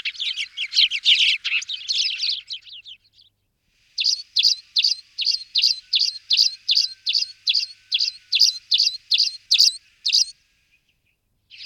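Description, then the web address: Spanish sparrow calls: a dense, jumbled chatter of chirps, then a steady series of clipped chirps repeated about two or three times per second. "All the bird songs of Britain and Europe - Jean-Claude Roche. Passer hispaniolensis"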